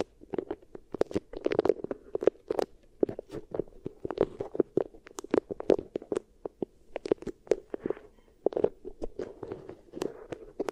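Beeswax is worked against the ear in a run of sharp, crackly pops and squishes, arriving in quick irregular clusters throughout. A soft, muffled rumbling presses beneath the clicks, and the handling never settles into a steady rhythm.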